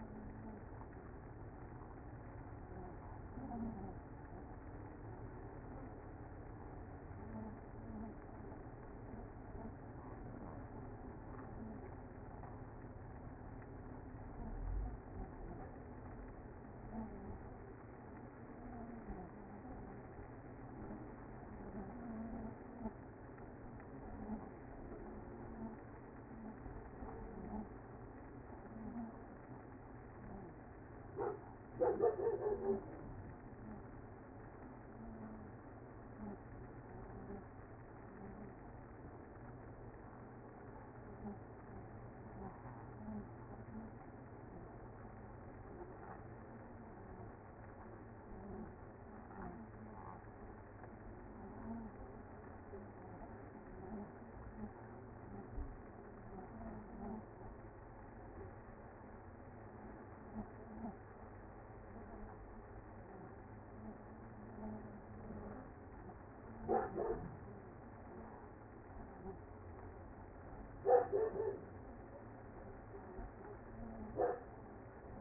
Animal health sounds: honeybee colony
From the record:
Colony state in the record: active

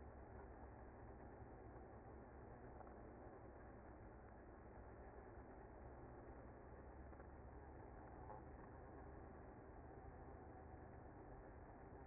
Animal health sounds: honeybee colony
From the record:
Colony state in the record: active

